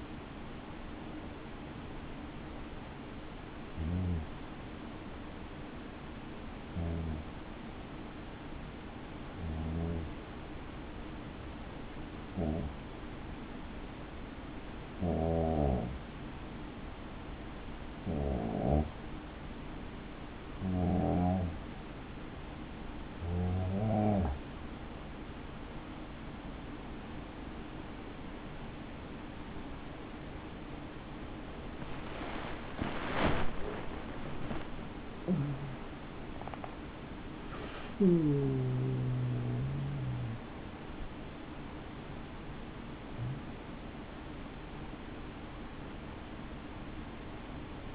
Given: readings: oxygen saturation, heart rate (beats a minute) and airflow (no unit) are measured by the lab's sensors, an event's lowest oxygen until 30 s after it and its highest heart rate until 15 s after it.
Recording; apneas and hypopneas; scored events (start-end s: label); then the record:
breathing in sleep by a voice recorder at the bedside; 1
4.00-23.20 s: hypopnea (N1, oxygen 96% highest, then 93% lowest, heart rate 66 at the start, 86 highest)
From the record:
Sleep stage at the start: N1 (lightest sleep); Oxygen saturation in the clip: 93 to 96%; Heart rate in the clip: 62 to 89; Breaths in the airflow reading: 16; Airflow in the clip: -11.4 to 10.6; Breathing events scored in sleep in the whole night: 216 in 7.0 hours asleep